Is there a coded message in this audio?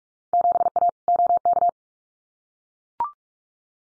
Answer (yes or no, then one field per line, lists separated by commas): yes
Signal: Morse code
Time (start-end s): 0.3-1.7 s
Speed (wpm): 44 wpm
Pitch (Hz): 700 Hz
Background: none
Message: 7A OK